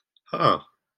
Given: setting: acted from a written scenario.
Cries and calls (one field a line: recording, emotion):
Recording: vocal sound without words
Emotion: interest